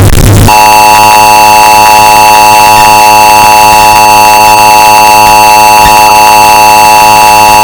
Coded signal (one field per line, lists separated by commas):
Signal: Emergency Alert System (SAME) tones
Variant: 853 and 960 Hz attention tone